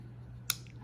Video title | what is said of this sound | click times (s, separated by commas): First Run Spyderco Paramilitary circa 2004. | This just has one click | 0.5 s